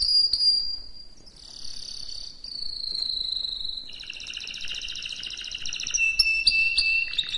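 Canary song: long sustained whistled tours at high pitch, gliding between steady notes, then a fast rattling trill with bright chips toward the end.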